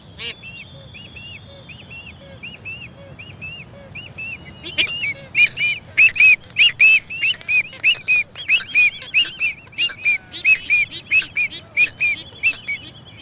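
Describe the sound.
Albatross calling with a series of short arched whines, then a loud run of clattering bill clacks mixed with nasal calls.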